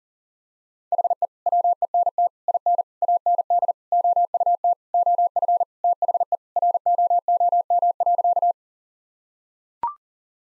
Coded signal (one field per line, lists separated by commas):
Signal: Morse code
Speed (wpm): 37 wpm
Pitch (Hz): 700 Hz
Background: none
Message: HE WENT IN AND OUT OF THE ROOM.